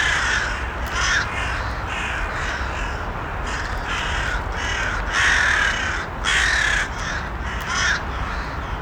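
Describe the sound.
American crow caws, harsh repeated calls about once a second, loud over steady heavy background noise.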